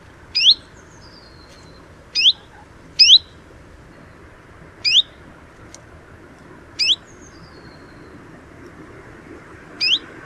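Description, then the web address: Common chiffchaff giving sharp, rising 'hweet' calls, six spaced irregularly over ten seconds, a few seconds apart, over a soft steady background hiss. "phylloscopus collybita call"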